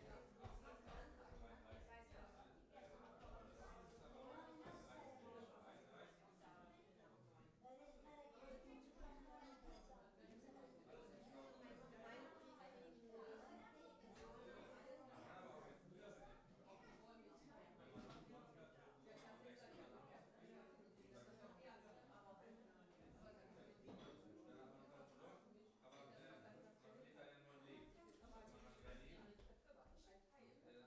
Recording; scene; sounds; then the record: everyday scene through a hearing-aid microphone; many people talking; many voices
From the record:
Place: parish hall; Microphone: behind the ear, left, rear